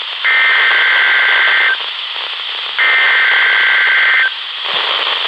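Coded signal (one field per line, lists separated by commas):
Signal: Emergency Alert System (SAME) tones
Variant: header bursts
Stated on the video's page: Weekly NOAA Weather Radio EAS test, received on a portable LaCrosse weather radio from a Florida transmitter.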